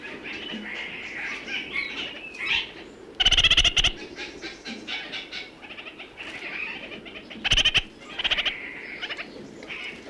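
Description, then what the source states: Red-crowned parakeet with two loud bursts of rapid, harsh, pulsed chattering, separated by several seconds, amid continuous whistling and warbling. New Zealand.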